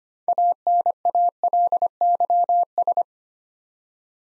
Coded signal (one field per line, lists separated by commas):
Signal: Morse code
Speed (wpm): 25 wpm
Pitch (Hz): 700 Hz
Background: none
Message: ANALYS